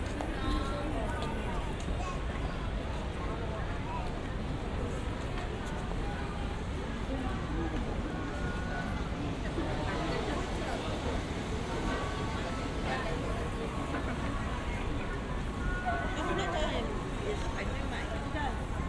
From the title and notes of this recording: Yokohama China town in Japan 横浜中華街 【3D AUDIO】. Let's take a walk together around Yokohama China town in Japan!